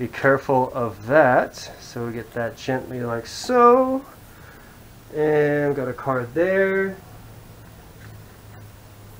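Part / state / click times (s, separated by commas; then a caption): card into 3D printer card slot / not seated / none. A card is held and lined up at the card slot in the screen area of a Bambu Labs X1 Carbon 3D printer, ready to be pushed in. Someone talks throughout with quiet handling in the pauses. Nothing has seated or clicked yet.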